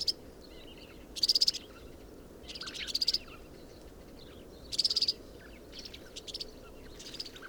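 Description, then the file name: European serin with several short, high, glittering trills, some louder and some softer. Binsham, 22 January 2017. "Girlitz. Binsham. Susanne Rieck"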